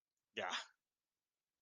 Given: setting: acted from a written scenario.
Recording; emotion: vocal sound without words; anger